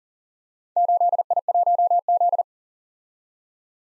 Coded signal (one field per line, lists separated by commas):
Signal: Morse code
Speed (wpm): 42 wpm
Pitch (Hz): 700 Hz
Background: none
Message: 8I1Z